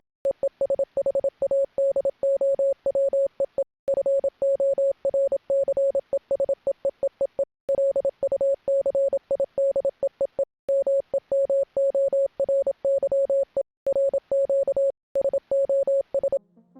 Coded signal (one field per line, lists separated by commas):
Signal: Morse code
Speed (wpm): 27 wpm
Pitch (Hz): 550 Hz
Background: none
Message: EE SHADOW EE FORCES EEEEE LUCID EEE MEMORY E RQ SOS